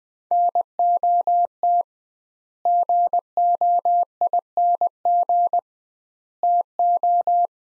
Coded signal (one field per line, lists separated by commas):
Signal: Morse code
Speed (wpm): 21 wpm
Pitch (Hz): 700 Hz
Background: none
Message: NOT GOING TO